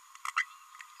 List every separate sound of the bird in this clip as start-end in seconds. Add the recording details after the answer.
0.28-0.31, 0.36-0.43. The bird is a male. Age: 27 days. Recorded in a nest box in Venezuela. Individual 17B32A6